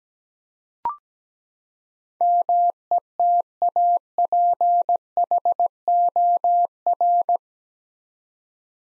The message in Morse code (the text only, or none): METAPHOR